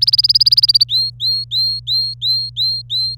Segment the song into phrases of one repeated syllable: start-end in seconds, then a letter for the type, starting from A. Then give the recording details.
0.01-0.84 A, 0.89-3.15 B. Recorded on 25 April 2018 at 15:56. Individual llb3